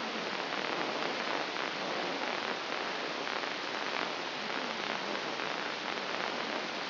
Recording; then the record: brain microelectrode recording played as sound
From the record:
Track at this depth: inside the subthalamic nucleus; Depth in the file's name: 3.524 mm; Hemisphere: left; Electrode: 3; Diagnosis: Parkinson's disease